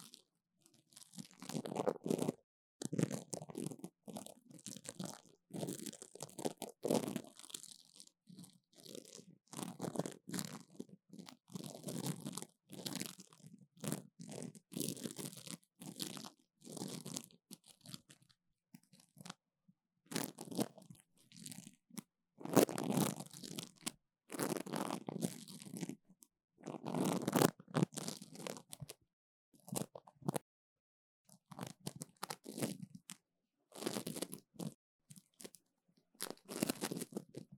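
Sticky, crackling peels and crunches come in quick bursts with short silent gaps, repeating for the whole length.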